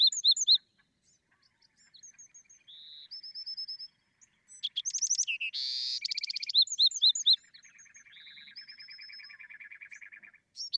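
Bewick's wren song mixing rapid high notes, level whistles, a loud buzzy burst and a long low dry trill near the end.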